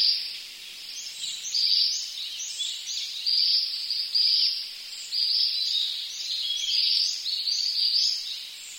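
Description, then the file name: Ashy minivet giving high, thin metallic trills, repeated in quick succession with short gaps, over a faint hiss. "sanshokui"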